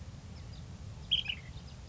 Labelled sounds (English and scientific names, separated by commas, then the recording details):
Ash-throated Flycatcher (Myiarchus cinerascens)
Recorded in Sonoma County, California